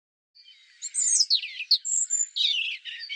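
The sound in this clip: European robin song with varied high whistles, some sliding down, mixed with short trills in a continuous, warbling phrase.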